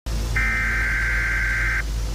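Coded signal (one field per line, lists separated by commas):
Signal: Emergency Alert System (SAME) tones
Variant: header bursts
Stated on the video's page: Simulated EAS scenario.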